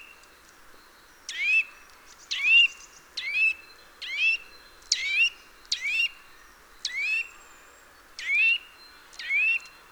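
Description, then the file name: Eurasian nuthatch repeating bright, upslurred piping calls roughly once a second. "Sitta europaea"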